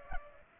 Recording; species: mosquito wingbeat signal from an infrared sensor; Culex pipiens